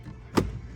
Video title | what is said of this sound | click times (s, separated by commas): best interior mod for your 10th gen accord | Alright, locking that side in. | 0.4 s